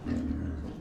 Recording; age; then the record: pig call; growing-finishing pig (85 days or more)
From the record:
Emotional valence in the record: negative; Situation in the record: barren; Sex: female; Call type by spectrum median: low-frequency call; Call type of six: low-frequency stable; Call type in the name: low-frequency stable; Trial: 1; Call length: 0.81 s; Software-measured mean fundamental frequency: 67 Hz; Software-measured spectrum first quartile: 98 Hz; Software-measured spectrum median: 210 Hz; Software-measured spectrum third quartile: 312 Hz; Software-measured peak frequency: 258 Hz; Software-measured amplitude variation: 166 dB a second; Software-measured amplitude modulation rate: 32.8 a second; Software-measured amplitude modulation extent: 5.1 dB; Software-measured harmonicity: 1.9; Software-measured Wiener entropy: -0.06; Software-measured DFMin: 508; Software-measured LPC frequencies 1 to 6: 280, 1771, 2758, 4175, 4836, 6582 Hz